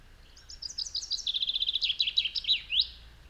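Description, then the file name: Common chaffinch song: a bright descending series of quick repeated notes ending in a short rising flourish, with light background hiss. "Fringilla coelebs"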